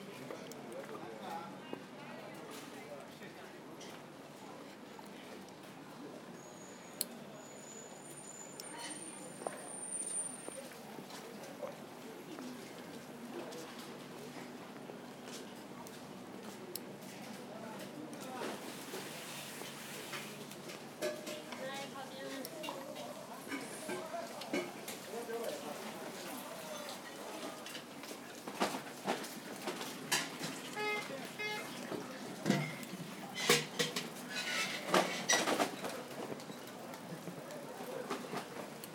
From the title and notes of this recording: Growing Up With Shanghai- Anyuan Lu. This walk starts down Jiang Ning Lu and finally begins at An Yuan Lu toward the middle of the track.